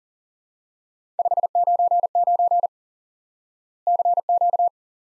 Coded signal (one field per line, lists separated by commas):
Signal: Morse code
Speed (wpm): 43 wpm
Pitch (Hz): 700 Hz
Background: none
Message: 599 CQ